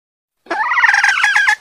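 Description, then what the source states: Junglefowl making one short, grating, wavering squawk. Female junglefowl calling to solicit mating.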